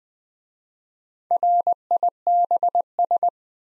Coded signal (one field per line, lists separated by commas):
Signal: Morse code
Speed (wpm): 20 wpm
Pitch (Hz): 700 Hz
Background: none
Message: RIBS